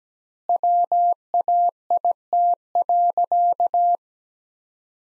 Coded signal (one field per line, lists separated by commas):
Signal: Morse code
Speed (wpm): 17 wpm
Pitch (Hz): 700 Hz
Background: none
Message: WAIT.